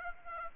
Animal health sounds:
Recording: mosquito wingbeat signal from an infrared sensor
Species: Aedes aegypti

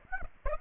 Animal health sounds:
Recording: mosquito wingbeat signal from an infrared sensor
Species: Aedes aegypti

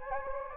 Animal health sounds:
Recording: mosquito wingbeat signal from an infrared sensor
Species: Anopheles gambiae

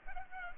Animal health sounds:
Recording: mosquito wingbeat signal from an infrared sensor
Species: Culex pipiens

